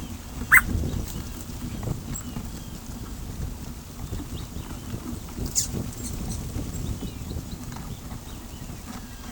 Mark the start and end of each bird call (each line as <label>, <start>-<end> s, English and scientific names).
Bicolored Wren (Campylorhynchus griseus), 0.51-0.62 s
Blue-gray Tanager (Thraupis episcopus), 5.42-6.40 s